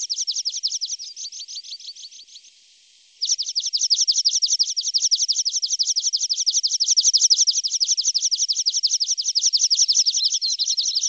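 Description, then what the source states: Lark song with fast rhythmic chirping trills, a short pause, then a long unbroken high-pitched trill of rapid repeated notes. Masteran training recording for larks.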